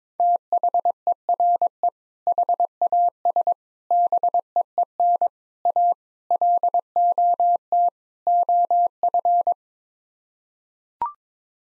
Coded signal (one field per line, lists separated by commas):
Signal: Morse code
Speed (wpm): 22 wpm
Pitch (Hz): 700 Hz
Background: none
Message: THERE HAS BEEN A LOT OF